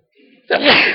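A single loud, explosive sneeze, preceded by a faint, quick intake of breath, the burst hissing and breathy across a wide range and lasting about half a second.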